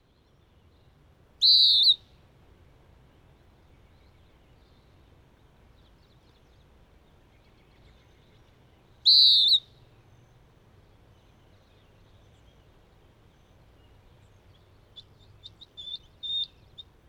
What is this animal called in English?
Western Wood-Pewee